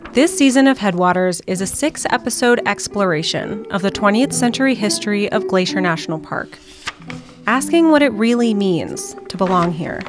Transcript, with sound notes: This season of Headwaters is a six-episode exploration of the 20th century history of Glacier National Park, [pages turning] asking what it really means to belong here.